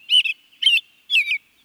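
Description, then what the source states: American Robin song: three short, warbled caroling phrases, each under half a second, repeated about every half second, with a faint steady tone between them. Rich, caroled phrases; an average song strings fewer than a dozen short phrases together and lasts a few seconds.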